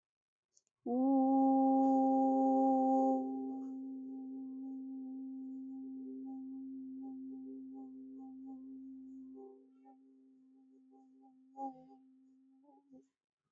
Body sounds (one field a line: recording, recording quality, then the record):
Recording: sustained vowel as in boot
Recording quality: excellent, no background noise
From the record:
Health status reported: healthy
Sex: female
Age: 19 years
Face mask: not worn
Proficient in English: yes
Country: India